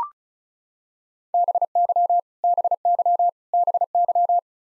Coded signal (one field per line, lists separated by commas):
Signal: Morse code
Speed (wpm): 34 wpm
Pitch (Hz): 700 Hz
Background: none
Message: BY BY BY